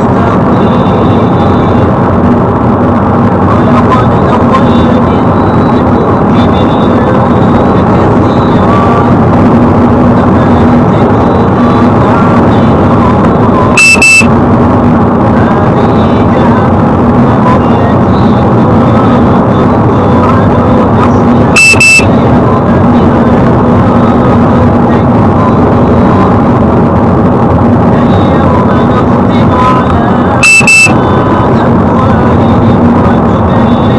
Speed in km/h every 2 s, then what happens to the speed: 119, 119, 120, 122, 122, 118, 116, 115, 118, 114, 113, 112, 113, 114, 111, 111, 113.
0-34 steady at about 115.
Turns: none.